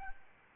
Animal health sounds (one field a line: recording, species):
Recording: mosquito wingbeat signal from an infrared sensor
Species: Aedes albopictus